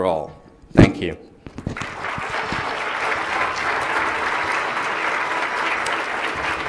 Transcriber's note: applause